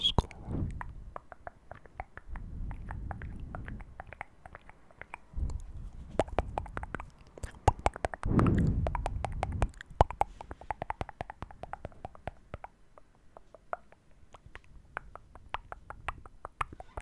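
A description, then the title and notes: Wet mouth sounds and soft nibbling clicks, with a brief low rumble of breath around eight seconds. YOUR ear nibbles & mouth sounds ASMR.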